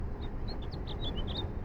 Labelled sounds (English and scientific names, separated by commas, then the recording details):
House Finch (Haemorhous mexicanus) song
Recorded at Valley Stream on Long Island, New York, on 17 June 1975
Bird AD